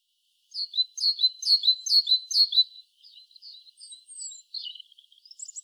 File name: Parus major